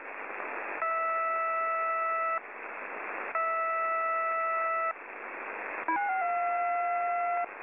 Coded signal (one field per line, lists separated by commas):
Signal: channel marker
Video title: 7700 kHz, UNID New marker, Beeps